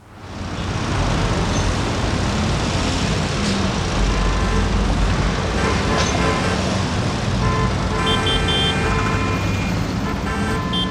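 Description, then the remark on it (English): Dense street traffic in New York roars steadily with engine rumble, and several car horns honk in short bursts, some overlapping, with a cluster of higher toots near the end. “Und so hören sich alle zusammen in New York an. Traffic in New York.”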